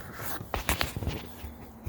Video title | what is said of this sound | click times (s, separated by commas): 2021 can am xmr half windshield installation | locks in there | 0.8 s